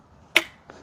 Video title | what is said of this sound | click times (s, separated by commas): Santa Fe Fuel Pump Assembly Replacement (Hyundai 2007 - 2012) | till it clicks | 0.4 s